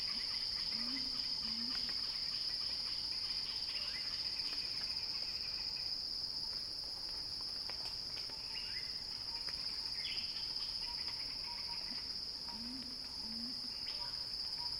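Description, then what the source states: Cicada song, a continuous shrill whine, with soft paired low calls near the start and again near the end, and faint chirps in between. Recording titled Cicada Crescendo.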